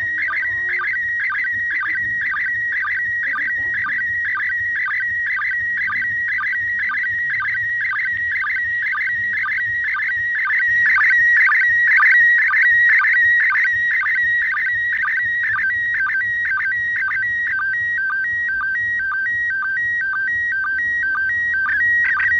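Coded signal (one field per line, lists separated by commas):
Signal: SSTV (slow-scan television)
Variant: PD120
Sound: warbling electronic tone with a regular chirp about twice a second, alternating with steady whistle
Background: radio hiss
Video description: Se utilizó una radio Baofeng UV-5R en la frecuencia 145,800 MHz (+/- 3 KHz para el cambio Doppler) y el modo de operación SSTV PD 120.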